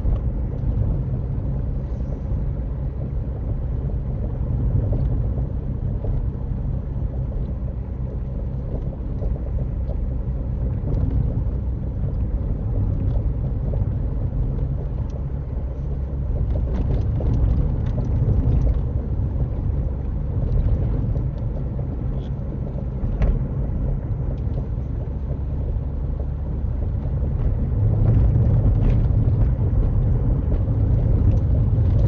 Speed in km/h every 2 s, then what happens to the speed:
48, 48, 48, 47, 47, 48, 50, 52, 52, 52, 50, 52, 52, 53, 55, 55.
0-32 steady at about 50.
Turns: none.